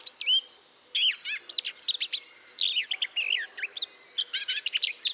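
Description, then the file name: Eurasian blackcap song with twisting whistled notes and quick chirps, a short pause, then a busy burst of warbling near the end. "Sylvia atricapilla"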